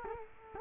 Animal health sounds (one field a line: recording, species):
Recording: mosquito wingbeat signal from an infrared sensor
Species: Culex quinquefasciatus